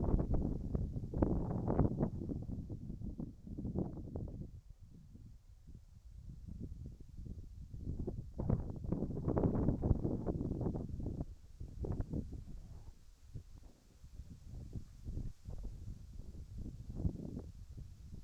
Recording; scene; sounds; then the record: everyday scene through a hearing-aid microphone; wind on the microphone; wind, whistling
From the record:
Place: in front of a rural house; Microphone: behind the ear, right, front